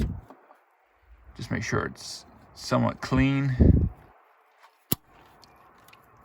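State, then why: Seated. A rubber spark plug wire boot is pushed onto a terminal of a new ignition coil pack on a 1992 Crown Victoria while someone talks. At 4.9 seconds it snaps home with a single sharp click, and the boot is seated.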